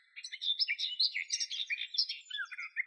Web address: Sylvia borin